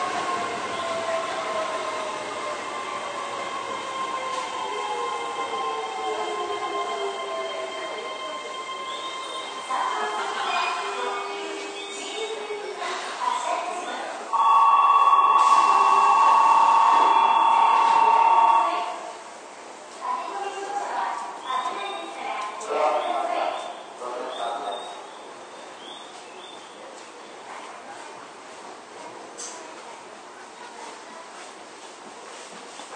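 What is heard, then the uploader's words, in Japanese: Keio 9000 series train ride: inverter motor tones sweep downward over the first ten seconds as the train slows, then fade. A loud steady chime or buzzer sounds from about 14 to 19 seconds, followed by muffled voices and clatter, and a quieter steady hum to the end. 京王9000系 高尾山口〜つつじヶ丘。快速つつじヶ丘行を録音。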